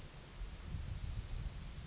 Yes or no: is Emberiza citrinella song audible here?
no